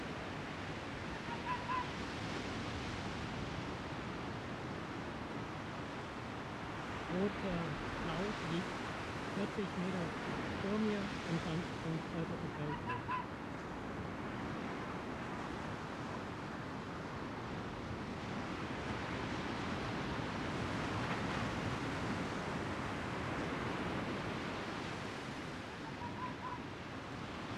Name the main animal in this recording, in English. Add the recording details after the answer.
Arctic Fox. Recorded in the wild. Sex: male. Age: adult. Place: Insel Mednyi, Kommandeur-Inseln, RU. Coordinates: 54.5167, 168.083. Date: 1999-07-26 17:42. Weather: heiter, 16°C. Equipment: Sony WM-D6C, Sennheiser MKH 70, Windkorb, Kopie Tascam DA 30. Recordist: Frommolt, Karl-Heinz. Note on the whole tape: Pereshejek, Weststrand südlich Kap Dlinnyi: Bellstrophen von Polarfuchsrüden (Alopex lagopus) rechts Grün/Blau 75. Starke Brandungsgeräusche